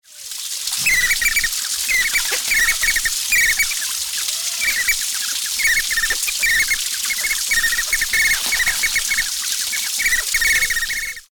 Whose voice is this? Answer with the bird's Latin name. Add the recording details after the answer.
Anas falcata. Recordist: Tembrock, Günter. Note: Schnattern zweier Männchen